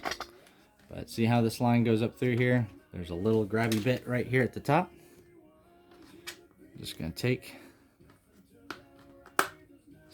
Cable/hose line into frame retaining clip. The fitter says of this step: snap it right into there.